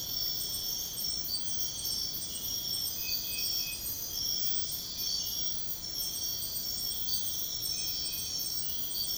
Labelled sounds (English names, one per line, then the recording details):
none
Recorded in pastures near Puerto Asís, Putumayo, Colombia, on 13 March 2025 at 04:30
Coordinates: 0.502, -76.324
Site GP07